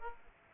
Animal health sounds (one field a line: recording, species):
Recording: mosquito wingbeat signal from an infrared sensor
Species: Aedes aegypti